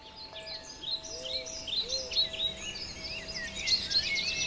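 In the Aguaragüe protected reserve in the Chaco region of Bolivia, many birds whistle and sing at once, with bright, overlapping chirps and trills alongside a few lower, steady whistled tones, forming a continuous busy chorus with no voices.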